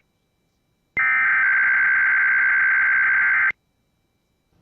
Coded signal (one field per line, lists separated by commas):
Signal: Emergency Alert System (SAME) tones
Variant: header bursts